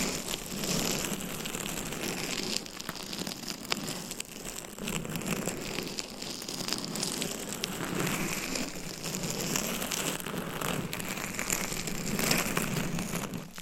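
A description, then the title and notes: Scratching and tapping fill the whole stretch, a dense, steady crinkly texture like fingernails working over a rough surface. Many small clicks and taps are scattered throughout without a regular beat, with slightly busier, louder moments around the middle and near the end. ASMR Scratching & Tapping for People Who Get Bored Easily(No Talking).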